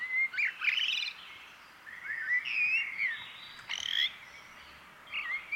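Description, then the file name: Eurasian blackbird song: low, mellow warbled phrases with brief high squeaky flourishes, separated by short pauses against a faint background hiss. "Turdus merula"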